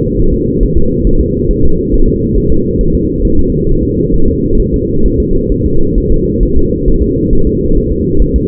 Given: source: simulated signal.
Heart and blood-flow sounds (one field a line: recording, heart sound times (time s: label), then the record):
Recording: fetal heart sounds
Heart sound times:
0.20 s: S1
0.34 s: S2
0.63 s: S1
0.78 s: S2
1.07 s: S1
1.21 s: S2
1.51 s: S1
1.65 s: S2
1.94 s: S1
2.08 s: S2
2.38 s: S1
2.52 s: S2
2.81 s: S1
2.95 s: S2
3.25 s: S1
3.39 s: S2
3.69 s: S1
3.83 s: S2
4.14 s: S1
4.28 s: S2
4.60 s: S1
4.74 s: S2
5.06 s: S1
5.20 s: S2
5.52 s: S1
5.66 s: S2
5.98 s: S1
6.12 s: S2
6.43 s: S1
6.57 s: S2
6.88 s: S1
7.02 s: S2
7.33 s: S1
7.47 s: S2
7.78 s: S1
7.92 s: S2
8.22 s: S1
8.36 s: S2
From the record:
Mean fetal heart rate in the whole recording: 135 bpm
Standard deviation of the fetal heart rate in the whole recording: 3 bpm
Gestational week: 36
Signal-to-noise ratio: -19.1 dB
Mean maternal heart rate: 72 bpm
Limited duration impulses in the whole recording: present